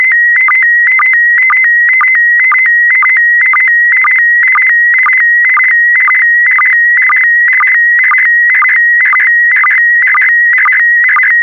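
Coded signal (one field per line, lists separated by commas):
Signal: SSTV (slow-scan television)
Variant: PD120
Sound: steady warbling whistle near 2 kHz, broken by short low blips twice a second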